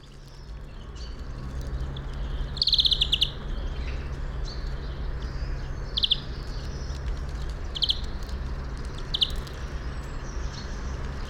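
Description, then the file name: European greenfinch calls: a quick, high, rattling trill followed by several short, twittering notes spaced every second or two, over steady low rumbling noise. "Chloris chloris"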